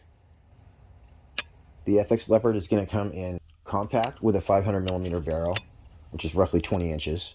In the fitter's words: Oh man, then it like totally snaps into place.